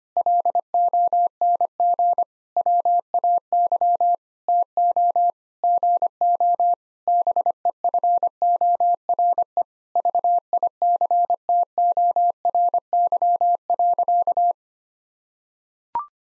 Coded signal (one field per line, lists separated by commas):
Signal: Morse code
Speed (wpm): 25 wpm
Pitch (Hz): 700 Hz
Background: none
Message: LONG WAY TO GO BEFORE VICTORY.